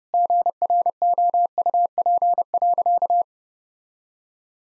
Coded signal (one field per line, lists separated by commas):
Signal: Morse code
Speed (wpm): 32 wpm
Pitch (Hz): 700 Hz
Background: none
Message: GROUP.